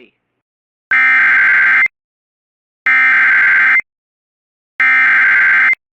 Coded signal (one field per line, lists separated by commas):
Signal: Emergency Alert System (SAME) tones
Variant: header bursts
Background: speech